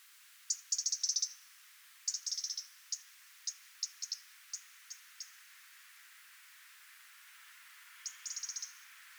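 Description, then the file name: European robin ticking: two fast bursts of high clicks, then a series of single ticks, a gap, and one more rapid burst near the end. "Erithacus rubecula"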